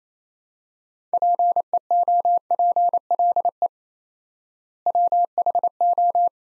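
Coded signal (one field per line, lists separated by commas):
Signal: Morse code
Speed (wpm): 28 wpm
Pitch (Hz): 700 Hz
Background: none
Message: PEOPLE WHO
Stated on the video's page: 28 wpm Morse drill of two-word sets at 4x word spacing, a Farnsworth-like method; each set is sent, spoken, then sent again.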